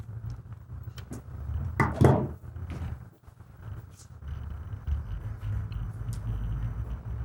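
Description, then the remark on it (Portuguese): A person closes a door, which swings shut with one solid thud about two seconds in, set against a steady low rumble and a few faint clicks and shuffles. “Eu vou fechar uma porta aqui.”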